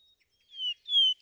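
Vesper sparrow song opening: two long, clear, slightly falling whistles, the second louder, with the start of another note at the end.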